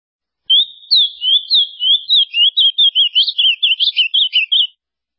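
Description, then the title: Ultramarine grosbeak song: a single sweet, warbled phrase of about four seconds, starting with slurred whistles and speeding into quick rising and falling notes, with no other sounds. "Azulao"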